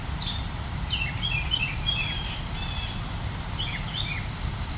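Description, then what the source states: Carolina wren giving a varied run of short, slurred high notes, then a further phrase after a pause, over low background rumble. Wren apparently practising many calls and songs in a chain, a continuous barrage.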